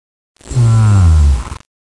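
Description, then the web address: Bear growl: a single deep, rumbling groan lasting about one second, with nothing else heard. "bruitage Animaux Ours"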